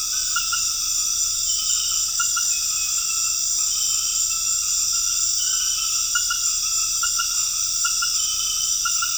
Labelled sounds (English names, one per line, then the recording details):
none
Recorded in dense forest near Puerto Asís, Putumayo, Colombia, on 4 March 2025 at 19:30
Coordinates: 0.484, -76.325
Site G045